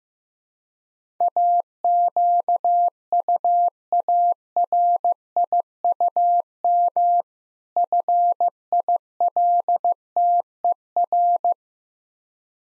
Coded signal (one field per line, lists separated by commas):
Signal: Morse code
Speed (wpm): 15 wpm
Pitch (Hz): 700 Hz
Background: none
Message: AQUARIUM FILTER